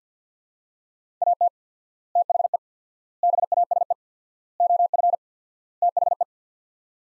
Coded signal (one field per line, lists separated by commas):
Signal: Morse code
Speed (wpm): 50 wpm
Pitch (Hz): 700 Hz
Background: none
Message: AT THE BASE OF THE